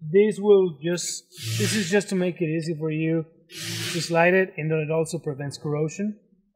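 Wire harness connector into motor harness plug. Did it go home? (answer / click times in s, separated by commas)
no / none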